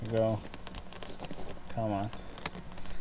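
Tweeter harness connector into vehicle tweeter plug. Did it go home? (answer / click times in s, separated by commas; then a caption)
yes / 2.5 s. Someone talks while a JBL tweeter's harness connector is pushed, with some effort, into the tweeter plug of a 2007–2013 Acura MDX. Several faint taps and handling clicks come before a sharp click at 2.5 s. The connector is seated.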